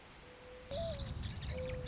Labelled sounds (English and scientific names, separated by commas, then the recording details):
Mourning Dove (Zenaida macroura)
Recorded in Sonoma County, California